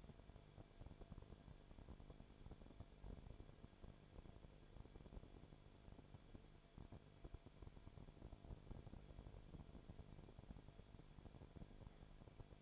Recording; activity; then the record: daily activity, microphone in the room; no activity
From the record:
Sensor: 5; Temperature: 19.8 degrees Celsius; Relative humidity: 35.7%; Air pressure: 1003.4 hPa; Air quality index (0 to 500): 57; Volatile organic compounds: 1 ppm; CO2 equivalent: 636 ppm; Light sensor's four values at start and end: 2/3/1/1 and 2/3/1/1